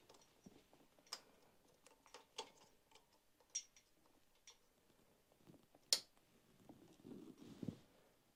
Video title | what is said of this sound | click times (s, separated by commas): Say Goodbye to Plastic: Installing a Metal Manifold Like a Pro | nice clicks that's what you want to hear | 5.9 s